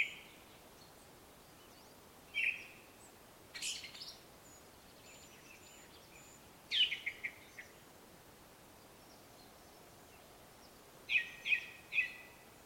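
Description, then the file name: Ring ouzel song, sparse phrases of piping notes and a brief scratchy twitter, separated by pauses of several seconds, ending with three clear repeated notes. Song recorded in Slovakia with an Olympus LS-11 recorder. "Turdus Torquatus Song Slovakia"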